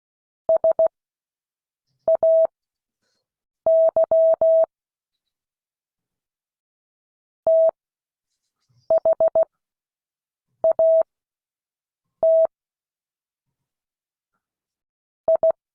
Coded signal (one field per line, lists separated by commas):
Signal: Morse code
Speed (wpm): 16 wpm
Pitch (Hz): 650 Hz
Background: none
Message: SAY THAT I